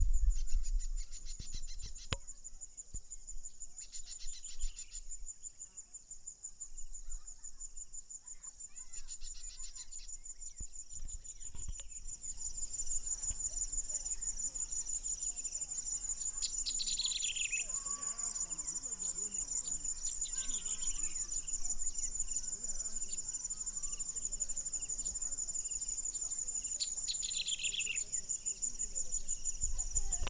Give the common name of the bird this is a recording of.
Boran Cisticola